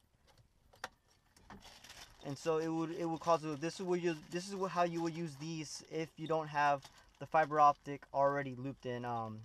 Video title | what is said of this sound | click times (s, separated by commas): BMW 5 series e60 Dension Gateway 500s Bluetooth install Iphone 5 4 | you just snap right in in and easily just um plug it back in | 0.8 s